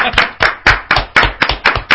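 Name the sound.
applause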